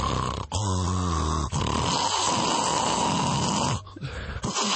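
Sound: voice imitating loud snoring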